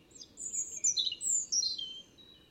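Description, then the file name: European robin singing a rich sequence of high whistles and quick twitters, shifting pitch rapidly. "Erithacus rubecula"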